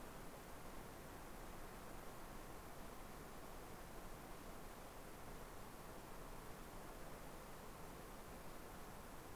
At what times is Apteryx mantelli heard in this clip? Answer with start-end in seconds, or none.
none